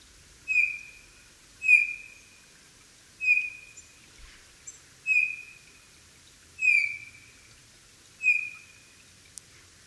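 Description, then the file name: Eurasian bullfinch giving six mellow, slightly descending whistled notes at irregular intervals of one to two seconds, with faint background hiss. "Pyrrhula pyrrhula"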